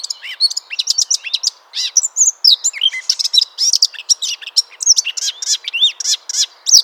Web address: SETE data Sylvia atricapilla